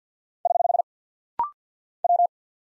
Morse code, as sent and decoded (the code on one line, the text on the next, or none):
........ / .--
<HH> W